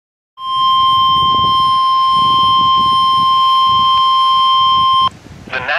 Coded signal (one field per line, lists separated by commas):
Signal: Emergency Alert System (SAME) tones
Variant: 1050 Hz attention tone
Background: speech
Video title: Severe thunderstorm warning (EAS #92)